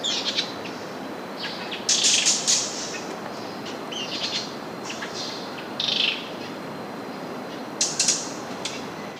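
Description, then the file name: Sunda minivet giving short, high, thin chirping bursts, several clustered notes at intervals over a steady background hiss. Female bird. "tledekan gunung betina. omkicau"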